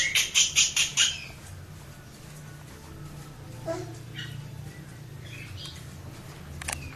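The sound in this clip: Birds chattering, a quick run of harsh, repeated notes for about a second, then scattered faint chirps over a steady low hum.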